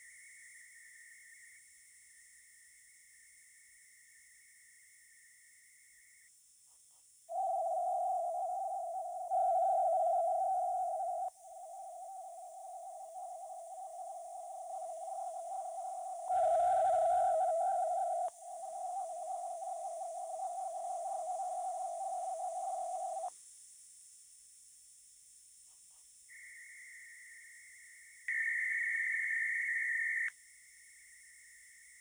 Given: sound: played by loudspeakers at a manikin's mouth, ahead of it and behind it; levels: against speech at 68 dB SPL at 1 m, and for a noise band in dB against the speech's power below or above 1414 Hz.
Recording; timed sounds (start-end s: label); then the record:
test signals for a remote microphone
0.00-1.58 s: noise band at 2000 Hz, -5 dB
1.58-6.28 s: noise band at 2000 Hz, -10 dB
7.28-9.28 s: noise band at 707 Hz, -13 dB
9.28-11.28 s: noise band at 707 Hz, +22 dB
11.28-16.28 s: noise band at 707 Hz, -13 dB
16.28-18.28 s: noise band at 707 Hz, +22 dB
18.28-23.28 s: noise band at 707 Hz, -13 dB
26.28-28.28 s: noise band at 2000 Hz, -13 dB
28.28-30.28 s: noise band at 2000 Hz, +22 dB
30.28-32.01 s: noise band at 2000 Hz, -13 dB
From the record:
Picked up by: remote microphone B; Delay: 24 ms